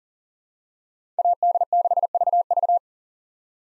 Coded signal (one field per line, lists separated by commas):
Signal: Morse code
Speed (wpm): 40 wpm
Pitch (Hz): 700 Hz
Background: none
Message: AD6VV